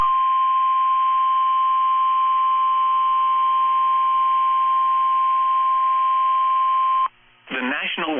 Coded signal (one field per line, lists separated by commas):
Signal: Emergency Alert System (SAME) tones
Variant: 1050 Hz attention tone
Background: speech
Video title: NOAA weather radio EAS #58, special marine warning